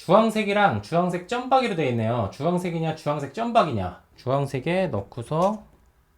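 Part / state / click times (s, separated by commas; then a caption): propeller onto drone motor mount / not seated / none. An orange propeller is being pushed onto its matching orange motor mount on a DJI Inspire 3 drone while someone talks. Nothing has seated or clicked yet.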